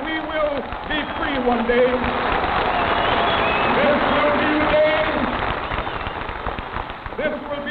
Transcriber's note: soundbite of applause